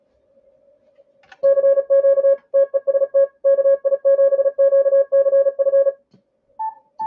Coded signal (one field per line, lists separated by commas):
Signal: Morse code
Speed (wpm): 33 wpm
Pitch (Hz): 550 Hz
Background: none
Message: CQ TEST KI7QCF